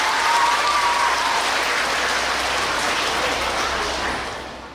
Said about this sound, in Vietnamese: Cho một tràng pháo tay thật lớn.